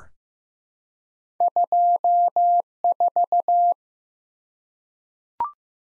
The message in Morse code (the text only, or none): 24